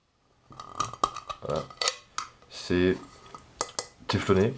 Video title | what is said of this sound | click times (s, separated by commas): Optimus crux lite solo | À savoir que ici ça se clipse. | 1.0 s